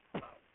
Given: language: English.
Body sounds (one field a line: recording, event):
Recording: throat vibration sensor signal played as sound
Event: cough